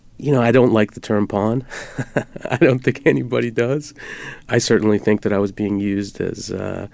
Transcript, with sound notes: You know, I don't like the term pawn (laughter). I don't think anybody does. I certainly think that I was being used